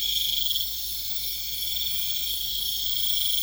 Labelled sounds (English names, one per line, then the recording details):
none
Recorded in pastures near Puerto Asís, Putumayo, Colombia, on 20 December 2024 at 21:30
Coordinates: 0.472, -76.329
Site G072